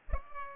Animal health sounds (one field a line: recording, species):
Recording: mosquito wingbeat signal from an infrared sensor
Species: Culex pipiens